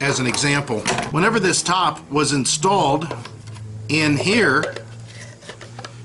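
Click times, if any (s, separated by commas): 5.8 s, 5.9 s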